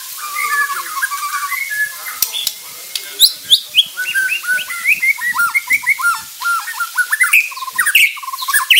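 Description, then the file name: Shama song of fast, varied whistled notes and short slurred phrases, with a steady hiss of background noise throughout. Murai Bordan type. "Suara Murai Bordan"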